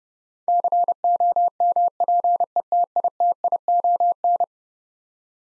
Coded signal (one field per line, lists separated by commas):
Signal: Morse code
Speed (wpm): 32 wpm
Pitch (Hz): 700 Hz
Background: none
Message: COMPETITION